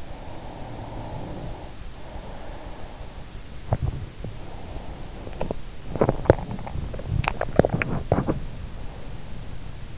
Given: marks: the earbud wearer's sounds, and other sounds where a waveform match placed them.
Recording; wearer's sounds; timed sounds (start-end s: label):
sounds in sleep by an in-ear microphone; breath, body movement
0.00-3.31 s: breath
3.48-8.62 s: body movement